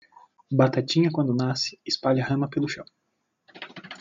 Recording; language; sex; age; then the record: short text; Brazilian Portuguese; male; 30 to 39 years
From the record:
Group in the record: control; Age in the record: 36 years